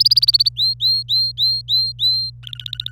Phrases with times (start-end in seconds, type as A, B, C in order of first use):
0.00-0.49 A, 0.57-2.30 B, 2.43-2.91 C